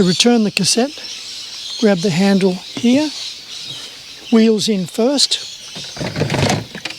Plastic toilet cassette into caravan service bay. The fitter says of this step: Push it. Listen for a click. Click.